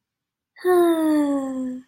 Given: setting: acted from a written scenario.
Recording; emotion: vocal sound without words; contentment